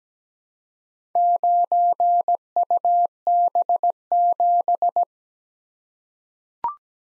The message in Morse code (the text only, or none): 9UB7